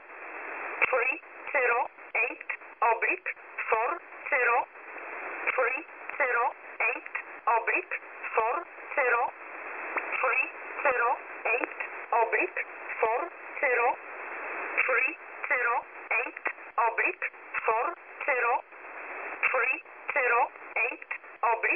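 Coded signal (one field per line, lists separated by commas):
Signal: numbers station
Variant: E11 Oblique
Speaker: this over here is is everyone's favorite number station E11 oblique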